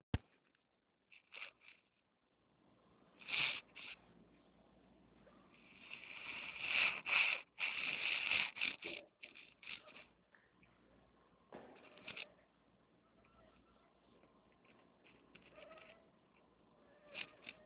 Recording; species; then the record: mosquito flight sound by mobile phone; Anopheles minimus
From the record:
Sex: female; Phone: Nokia 6555B